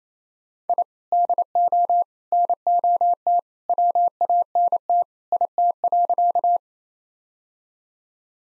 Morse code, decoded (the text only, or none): I DO NOT WANT IT.